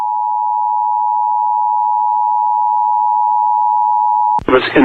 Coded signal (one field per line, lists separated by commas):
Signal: Emergency Alert System (SAME) tones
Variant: 853 and 960 Hz attention tone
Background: speech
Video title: VA SVR EAS #700!